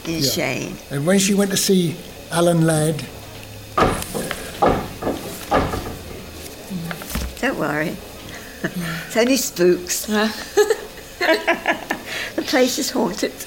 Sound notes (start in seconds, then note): 3.7 clumping noise in background; 10.0 laughs